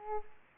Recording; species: mosquito wingbeat signal from an infrared sensor; Aedes aegypti